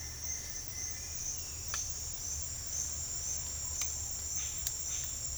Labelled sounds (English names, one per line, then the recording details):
none
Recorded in dense forest near Puerto Asís, Putumayo, Colombia, on 8 March 2025 at 08:30
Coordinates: 0.484, -76.317
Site G064